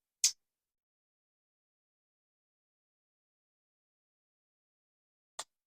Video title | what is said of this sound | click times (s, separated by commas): Folding knife shoot out | See? Still has snap. | 0.2 s, 5.4 s